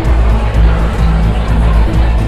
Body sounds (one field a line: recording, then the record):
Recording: background sound without coughing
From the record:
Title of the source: Party Noise 1 Hour Party Ambience